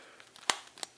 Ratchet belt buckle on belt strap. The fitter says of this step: Listen, it locks into place.